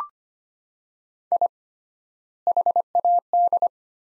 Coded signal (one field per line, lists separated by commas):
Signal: Morse code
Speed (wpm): 25 wpm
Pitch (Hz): 700 Hz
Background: none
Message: I HAD